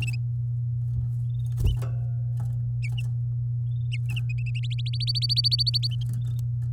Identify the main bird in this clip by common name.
Domestic Canary